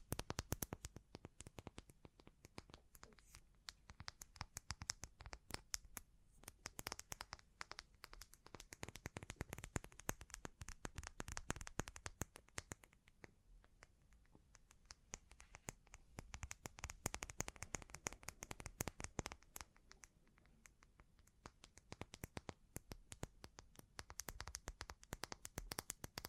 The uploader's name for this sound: Bling Bling Triggers